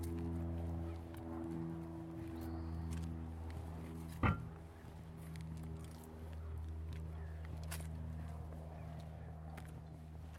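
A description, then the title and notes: A neighborhood stroll with a steady low engine-like hum throughout, faint scattered ticks and clicks, and one sharp knock just after four seconds. Karen Eisenbrey and Keith Eisenbrey stroll in the neighborhood of the Tintinabulary, Seattle.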